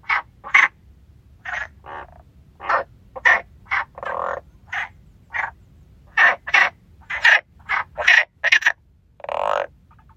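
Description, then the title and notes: Frogs croaking, quick harsh calls in uneven clusters, with occasional longer, deeper croaks standing out among the group. Frogs singing by the stone bridge at Lagoa de Traba lagoon. "Lagoa De Traba Rás. Rás cantando na Lagoa de Traba. Gravación das rás cantando no ponte de pedra da Lagoa de Traba"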